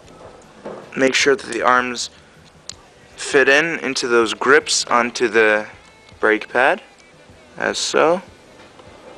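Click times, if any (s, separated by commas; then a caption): none. A brake arm is handled while being pressed into the grip on the brake pad of a scooter front brake during a refit. Someone talks throughout, and a brief sharp transient is heard around 2.7 s. Nothing has seated or clicked yet.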